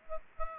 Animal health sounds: mosquito wingbeat signal from an infrared sensor; Aedes aegypti

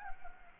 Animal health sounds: mosquito wingbeat signal from an infrared sensor; Anopheles gambiae

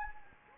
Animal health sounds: mosquito wingbeat signal from an infrared sensor; Anopheles gambiae

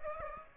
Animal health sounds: mosquito wingbeat signal from an infrared sensor; Aedes aegypti

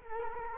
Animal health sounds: mosquito wingbeat signal from an infrared sensor; Culex quinquefasciatus

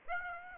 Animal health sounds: mosquito wingbeat signal from an infrared sensor; Aedes aegypti

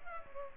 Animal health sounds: mosquito wingbeat signal from an infrared sensor; Culex pipiens

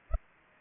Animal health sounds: mosquito wingbeat signal from an infrared sensor; Culex pipiens

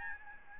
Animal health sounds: mosquito wingbeat signal from an infrared sensor; Aedes albopictus

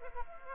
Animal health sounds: mosquito wingbeat signal from an infrared sensor; Aedes aegypti

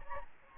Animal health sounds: mosquito wingbeat signal from an infrared sensor; Aedes albopictus

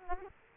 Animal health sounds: mosquito wingbeat signal from an infrared sensor; Aedes aegypti

